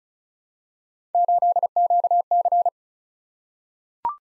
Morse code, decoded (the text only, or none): 8QC